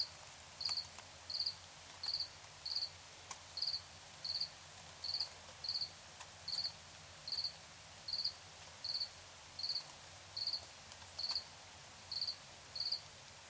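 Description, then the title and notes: Cricket chirping in repeated short bursts, well over a dozen in a row, over a quiet background. Nighttime recording in Tiny, Ontario. "Crickets and coyotes. Tiny, Ontario. Anton Pickard"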